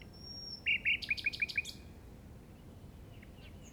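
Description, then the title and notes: Common nightingale song phrase: a quick series of sharp repeated notes, then quiet with faint chirps. Recorded in the Llobregat Delta at 06:00 on 8 May 2015 with a Zoom recorder. "Grabación de ruiseñor común (Luscinia megarhynchos) en el Delta del Llobregat a las 06:00 del 08/05/2015."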